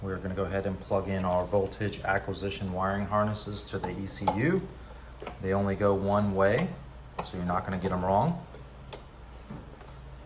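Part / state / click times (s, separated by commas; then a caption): voltage acquisition harness connector into hybrid battery ECU / seated / 8.9 s. A voltage acquisition wiring harness connector is pushed into the hybrid battery ECU during a Toyota Highlander / Lexus RX400H (2006-2013) hybrid battery rebuild. Someone talks through most of the clip, then a sharp click is heard at 8.9 s as the connector seats securely.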